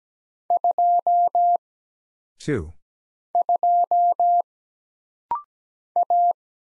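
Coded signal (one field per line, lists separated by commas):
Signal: Morse code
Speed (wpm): 17 wpm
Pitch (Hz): 700 Hz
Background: none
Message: 2 2 A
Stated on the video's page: Rapid-fire single-character Morse practice at 17 wpm: letters, numbers, punctuation and prosigns for instant character recognition.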